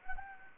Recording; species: mosquito wingbeat signal from an infrared sensor; Anopheles gambiae